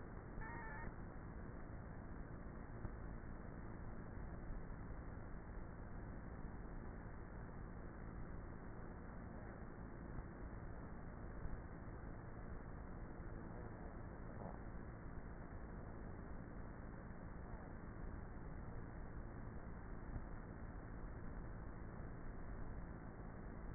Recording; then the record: honeybee colony, microphone inside the hive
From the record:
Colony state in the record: queenless with a low population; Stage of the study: before two queens were removed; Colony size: about 30,000 bees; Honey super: no